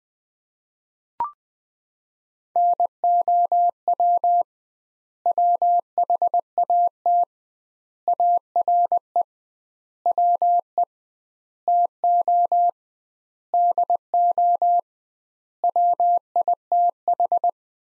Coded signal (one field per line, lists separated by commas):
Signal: Morse code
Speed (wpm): 20 wpm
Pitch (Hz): 700 Hz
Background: none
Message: NOW WHAT ARE WE TO DO WITH